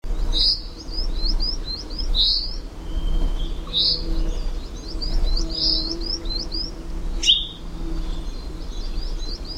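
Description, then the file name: Common chaffinch giving bright chip calls repeated several times, with softer twittering notes between, over a low background rumble. "Fringilla coelebs"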